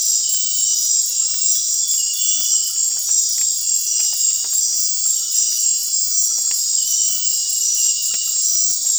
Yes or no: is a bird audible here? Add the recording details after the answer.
no. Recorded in dense forest near Puerto Asís, Putumayo, Colombia, on 24 March 2025 at 19:30. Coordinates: 0.503, -76.323. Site GP09